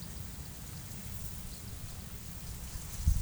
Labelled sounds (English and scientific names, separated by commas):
none